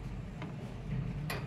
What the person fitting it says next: ये लॉक इस तरीके से मेरे दो रम इसमें फिक्स हो गए